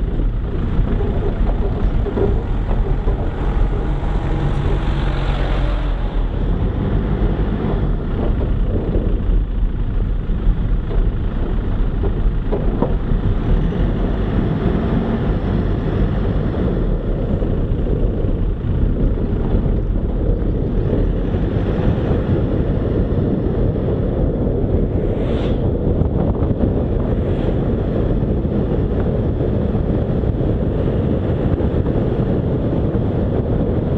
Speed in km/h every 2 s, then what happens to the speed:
13, 11, 15, 15, 12, 11, 17, 22, 21, 22, 29, 34, 38, 44, 52, 58, 60.
0-10 steady at about 12. 10-13 speeds up to 22. 13-18 steady at about 22. 18-34 speeds up to 60.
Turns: none.